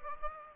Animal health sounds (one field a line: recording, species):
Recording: mosquito wingbeat signal from an infrared sensor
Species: Aedes aegypti